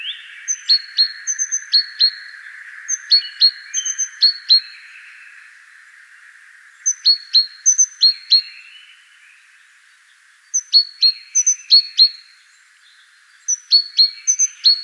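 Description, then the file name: Great tit singing sharp high paired notes in quick runs, separated by short pauses. "Parus major"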